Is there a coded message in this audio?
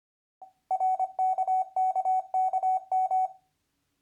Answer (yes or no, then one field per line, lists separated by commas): yes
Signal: Morse code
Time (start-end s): 0.7-3.3 s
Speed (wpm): 24 wpm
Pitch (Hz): 750 Hz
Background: none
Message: RKKKM